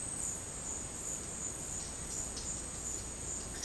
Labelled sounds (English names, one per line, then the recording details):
none
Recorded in secondary vegetation near Puerto Asís, Putumayo, Colombia, on 22 June 2025 at 12:30
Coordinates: 0.484, -76.319
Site G074